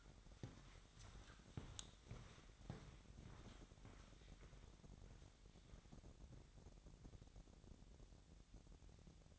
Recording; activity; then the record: daily activity, microphone in the room; walk to room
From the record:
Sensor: 3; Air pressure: 1012.2 hPa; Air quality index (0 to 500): 156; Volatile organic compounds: 2 ppm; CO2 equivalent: 1191 ppm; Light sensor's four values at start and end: 129/309/127/117 and 133/317/131/120